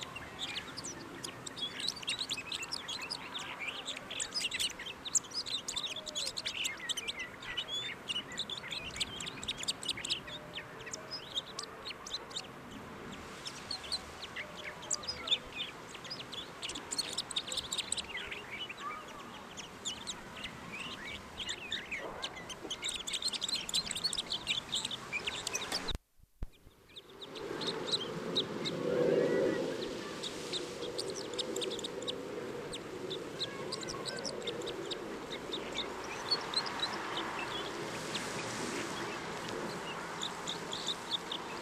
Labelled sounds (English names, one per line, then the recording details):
Red Crossbill song
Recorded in the wild
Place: Kaiserslautern, Rheinland-Pfalz, DE
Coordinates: 49.4247, 7.77889
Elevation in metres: 279
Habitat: garden
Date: 1983-09-19
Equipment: Nagra IV, Sennheiser MKH 405, Parabolreflektor
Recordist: Tretzel, Erwin